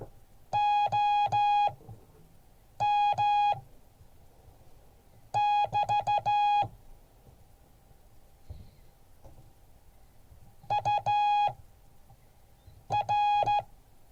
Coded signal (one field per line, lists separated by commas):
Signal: Morse code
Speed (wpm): 14 wpm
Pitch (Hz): 830 Hz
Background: none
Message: OM <BT> UR